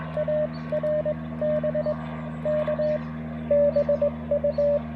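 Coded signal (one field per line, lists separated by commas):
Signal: Morse code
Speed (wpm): 21 wpm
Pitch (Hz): 590 Hz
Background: radio noise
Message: ARB K BU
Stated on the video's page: QRP POTA activation in a national forest using a Mountain Topper MTR4B V2 with an Alex Loop magnetic loop antenna, battery and solar powered.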